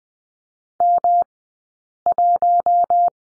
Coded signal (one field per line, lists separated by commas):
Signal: Morse code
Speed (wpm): 20 wpm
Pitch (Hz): 700 Hz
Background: none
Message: M1